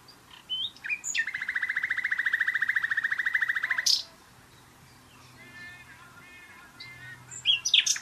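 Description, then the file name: Common nightingale song with a long, loud buzzy rattle lasting nearly three seconds. Softer short note groups follow, then a sharp final burst. "Luscinia megarhynchos"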